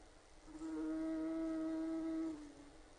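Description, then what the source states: Bombus ardens buzz, a low, even droning hum that swells in, holds for about two seconds, then fades away. Recorded on 7 May 2005.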